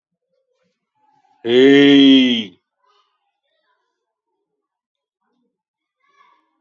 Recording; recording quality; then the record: sustained vowel as in made; excellent, no background noise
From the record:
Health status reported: recovered from COVID-19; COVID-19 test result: positive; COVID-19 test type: RT-PCR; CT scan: not taken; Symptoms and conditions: hypertension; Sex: male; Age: 54 years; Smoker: yes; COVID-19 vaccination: both doses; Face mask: worn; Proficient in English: yes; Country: India